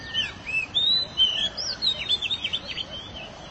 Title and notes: BM Suara Kenari. BM Suara Burung Kenari